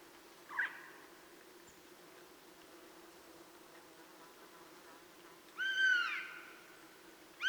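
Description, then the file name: Eurasian jay with a brief faint note early, then one clear, harmonic, falling mew and the start of another at the end, over soft steady hiss. "Garrulus glandarius"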